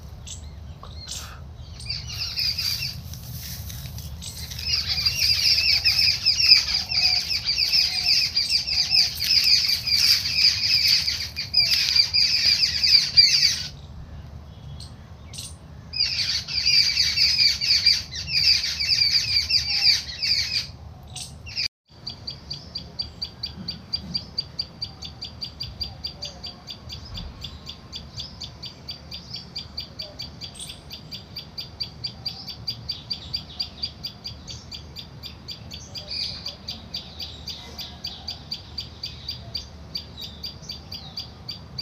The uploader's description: Wablers, crow, parkeets and tailor bird and robin